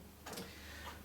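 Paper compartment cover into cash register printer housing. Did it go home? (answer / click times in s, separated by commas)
yes / 0.3 s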